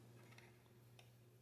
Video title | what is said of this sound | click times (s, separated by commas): Transformers Assorted Legends Class Review | of course you just snap these two parts together | 1.0 s